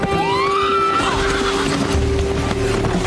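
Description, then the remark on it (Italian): A horse whinnies once as its rider takes it and sets off, a bright rising cry in the first second, followed by low rumbling and scuffing noise over a steady background hum. “Ripone i suoi acquerelli, prende il cavallo e parte.”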